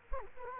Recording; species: mosquito wingbeat signal from an infrared sensor; Culex quinquefasciatus